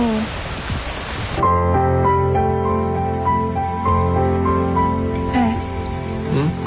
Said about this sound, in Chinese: 怎么突然下雨啊？你没带伞啊？